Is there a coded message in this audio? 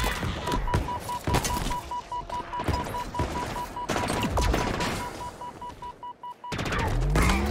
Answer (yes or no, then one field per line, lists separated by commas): no